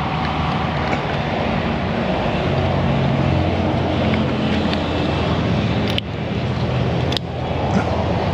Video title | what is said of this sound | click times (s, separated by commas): Jetta Engine install Runs? Kia Hub Bearing, DAY IN THE SHOP 428 #auto #repair #fail #win | want to hear that click. | 6.0 s, 7.2 s